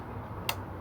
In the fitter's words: a click sound hear that when you're returning it